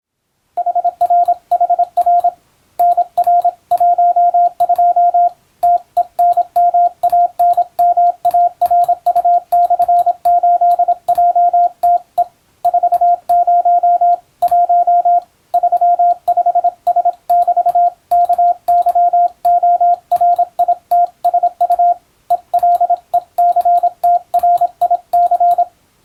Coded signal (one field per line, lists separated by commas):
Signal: Morse code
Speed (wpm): 26 wpm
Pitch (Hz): 700 Hz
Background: radio noise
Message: HRHR NR12 TENMANMARU/8JTE 40 1 35S<BT>KYORITSU ELECTRIC